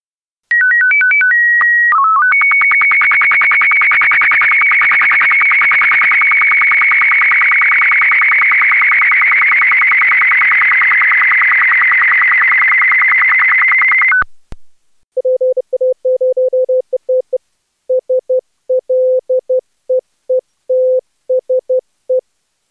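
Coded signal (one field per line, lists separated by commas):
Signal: SSTV (slow-scan television)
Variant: black-and-white mode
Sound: stepping tones, a steady whistle, brief chirps, then a 12-second buzzy scanning warble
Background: short low beeps afterwards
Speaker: volg nu het SS tv plaatje in BW 122 OG y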